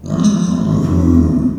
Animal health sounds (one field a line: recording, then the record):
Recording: squeal of a Yucatan mini pig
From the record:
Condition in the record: after surgery on the right vocal fold (resection and tissue-engineered implant)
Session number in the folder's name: 10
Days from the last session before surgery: 86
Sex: female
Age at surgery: 19 weeks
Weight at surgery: 25 kg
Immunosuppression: prednisolone